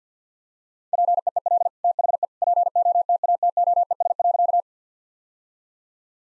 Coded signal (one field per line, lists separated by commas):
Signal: Morse code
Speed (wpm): 50 wpm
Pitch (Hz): 700 Hz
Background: none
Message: PEEL THE POTATOES.